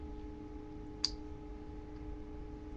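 A plastic transforming-toy part is pushed into the toy body and snaps home with one sharp, loud click at 1.0 s. It is now seated. Only a low steady hum is heard around it.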